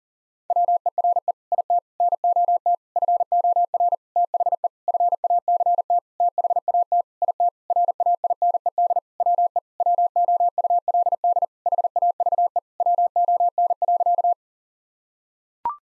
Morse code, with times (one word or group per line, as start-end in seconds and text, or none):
0.5-1.3 WERE
1.5-1.8 IT
2.0-2.8 NOT
3.0-3.9 FOR
4.2-4.7 THE
4.9-6.0 FACT
6.2-7.0 THAT
7.2-7.5 IT
7.7-9.0 RAINED
9.2-9.6 WE
9.8-11.4 WOULD
11.7-12.6 HAVE
12.8-14.3 WON.